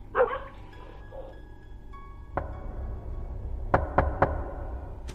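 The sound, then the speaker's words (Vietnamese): A single knock on a door, then after a pause three quick, sharp knocks in an even rhythm, ringing out over a low steady background hum. “Tiếng gõ cửa cứ 3 tiếng một.”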